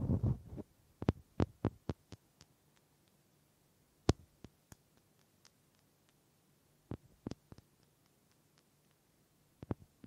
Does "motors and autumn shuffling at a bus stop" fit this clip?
no